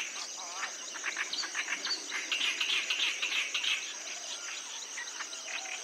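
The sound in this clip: Clamorous reed warbler song: rough, chattering phrase of grating notes peaking midway, over a persistent high insect drone and background hiss.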